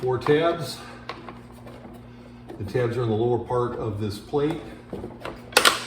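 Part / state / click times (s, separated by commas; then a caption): tabbed trim plate into its mounting opening / seated / 5.6 s, 5.7 s. A trim plate with four tabs on its lower part is pressed into its mounting opening while someone talks. Two loud, sharp clicks at 5.6 and 5.7 seconds mark the tabs snapping in, and the plate is seated.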